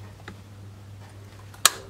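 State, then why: Torque reached. A torque wrench set to 25 Nm tightens the plastic oil filter housing cap on a Mercedes-Benz W124/W202 M111 engine, reaching its torque so there is no fear of leaks or stripped threads. After a low steady hum with faint ticks, the wrench gives one sharp click at 1.7 s.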